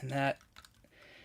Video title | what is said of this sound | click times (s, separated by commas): NEW Black Series TVC PICKUPS! BBTS PILE OF LOOT! Mando & Grogu! Maul Shadow Lord! | and that doesn't necessarily like I kind of expected to feel it pop into place. | none